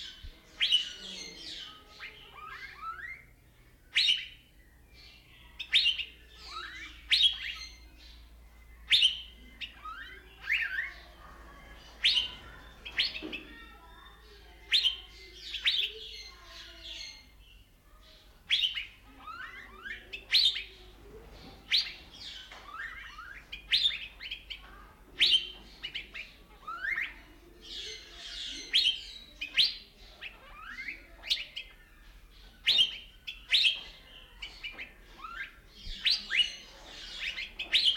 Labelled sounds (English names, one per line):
Asian Fairy-bluebird